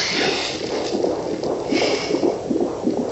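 Rapid, rhythmic whooshing pulses over a steady hiss, the sound of a fetal heartbeat on a Doppler monitor.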